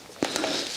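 A new plastic front cover over the ignition coil wiring of a Mini Cooper N14/N18 engine being rebuilt is pushed onto its engine mounting. A dull thump at 0.2 s is followed by a short, sharp snap at 0.4 s as the first clip engages and seats.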